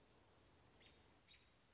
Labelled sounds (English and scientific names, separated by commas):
American Robin (Turdus migratorius)